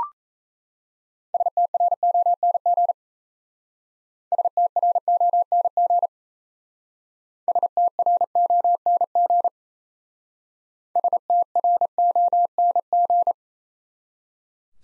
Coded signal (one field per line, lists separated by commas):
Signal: Morse code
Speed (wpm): 35 wpm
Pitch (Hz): 700 Hz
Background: none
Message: STRONG STRONG STRONG STRONG